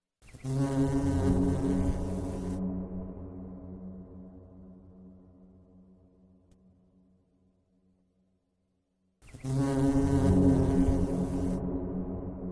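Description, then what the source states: Bee buzzing, a loud drone that fades away into silence, then returns abruptly at full strength near the end. More than one bee, buzzing.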